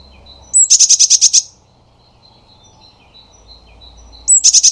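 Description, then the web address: Eurasian blue tit churring call, a brief high lead-in note then a rapid harsh rattle of pulses, heard twice with a quiet gap of nearly three seconds between bouts. "cianscape birddata Deverinetal 2025 File origin Bird Only Cy Ca"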